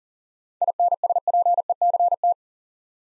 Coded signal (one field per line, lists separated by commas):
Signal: Morse code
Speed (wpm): 42 wpm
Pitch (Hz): 700 Hz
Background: none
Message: INSPECT